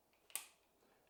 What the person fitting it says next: it snaps into place make sure it's flush